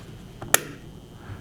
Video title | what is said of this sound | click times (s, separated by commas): Garmin Montana Friction Mount with Speaker at GPSCity (010-11654-04) | Of course, line them up, bottom first, and then the top will click in, like so. | 0.5 s